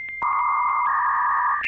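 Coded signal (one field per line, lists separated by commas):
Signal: dial-up modem handshake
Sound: a steady high answer tone, then a buzzing warble with shifting tones, ending in harsher tones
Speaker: They've got the modem sound on there too. That's the one that triggers some memories.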